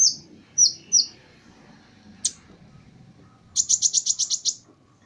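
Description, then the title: Small bird giving a few high chirps, then a rapid run of about seven sharp repeated notes near the end, over a faint low background rumble. "Burung Kecil"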